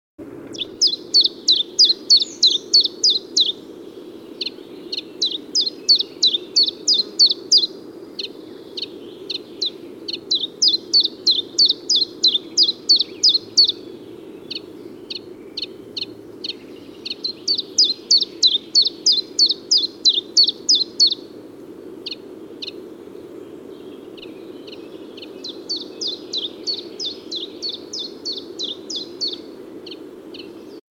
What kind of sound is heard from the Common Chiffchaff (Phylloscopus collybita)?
song